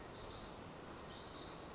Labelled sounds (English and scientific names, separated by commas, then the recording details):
Pacific Wren (Troglodytes pacificus)
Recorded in Sonoma County, California